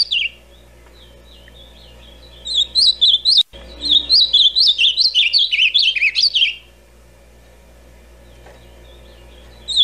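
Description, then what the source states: Ultramarine grosbeak song: a lively phrase of rapid up-and-down whistled notes lasting about four seconds, broken by a sharp click, framed by quiet stretches with faint hum. Classic song style used for training birds.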